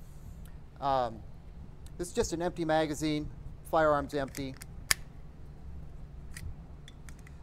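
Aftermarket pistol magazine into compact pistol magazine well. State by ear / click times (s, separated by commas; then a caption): not seated / none. Someone talks while pushing an empty aftermarket polymer/steel magazine into the magazine well of an unloaded Ruger LCP compact pistol's grip, with a sharp handling tap near 4.9 s and light scraping ticks toward the end. The magazine will not lock into place, so the magazine catch does not engage, and nothing has seated or clicked yet.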